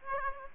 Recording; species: mosquito wingbeat signal from an infrared sensor; Aedes aegypti